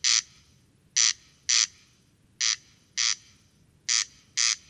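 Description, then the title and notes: Corn crake song: harsh, rasping paired notes repeated steadily over a quiet background. Single singing bird near a peat bog at Col Bayard, Hautes-Alpes, 12 July 2018, evening; sang continuously from 23:00 until dawn; recorded with Nagra Seven and Telinga Pro7. "Observation sonore - Le Râle des genêts. 12 juillet 2018-Col Bayard - Hautes Alpes. Râle des genêts ( Crex crex)"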